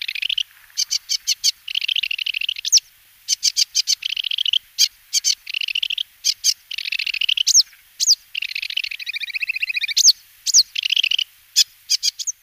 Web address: Schulze Peter Sedge Warbler song